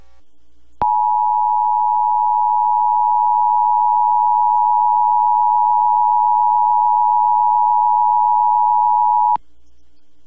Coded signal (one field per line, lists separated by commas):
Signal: Emergency Alert System (SAME) tones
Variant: 853 and 960 Hz attention tone